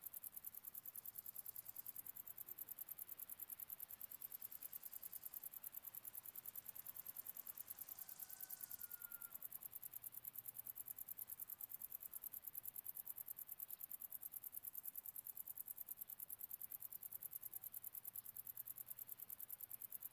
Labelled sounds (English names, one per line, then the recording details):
Wartbiter stridulation
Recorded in the wild
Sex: male
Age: imago
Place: Kloster, Insel Hiddensee, Mecklenburg-Vorpommern, DE
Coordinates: 54.5908, 13.1061
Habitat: dry meadow
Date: 2011-09-04 12:23
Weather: 29°C, sunny, weak winds
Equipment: Fostex FR2-LE, Sennheiser ME66, Popschutz
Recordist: Frommolt, Karl-Heinz